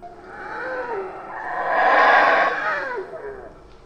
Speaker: Check out what a howler monkey sounds like, and think about if you didn't know howler monkeys existed and you heard this.